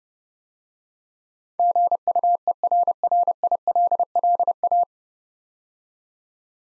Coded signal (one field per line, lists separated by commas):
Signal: Morse code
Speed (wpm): 30 wpm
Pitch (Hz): 700 Hz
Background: none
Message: GUERRILLA